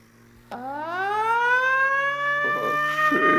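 The siren of a captured enemy car switches on abruptly, its rich harmonic tone sweeping upward in pitch over a second and then holding a loud, steady wail, with some rattling noise near the end.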